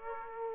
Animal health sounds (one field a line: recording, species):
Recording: mosquito wingbeat signal from an infrared sensor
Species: Aedes aegypti